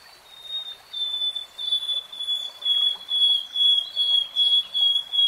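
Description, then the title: Nightingale song of steady piping whistles repeated in a regular rhythm, with a faint high thin note above. Singing in real time. "[Tiếng chim hót] REALTIME Nightingale Singing"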